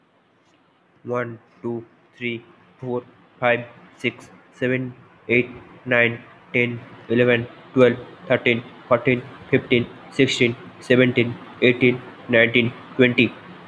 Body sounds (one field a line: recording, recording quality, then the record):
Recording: counting at a normal pace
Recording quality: excellent, no background noise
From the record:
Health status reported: COVID-19 positive, mild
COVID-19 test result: positive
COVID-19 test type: RT-PCR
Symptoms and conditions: cold, loss of smell and taste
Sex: male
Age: 21 years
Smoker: no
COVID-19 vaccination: both doses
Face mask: not worn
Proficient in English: yes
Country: India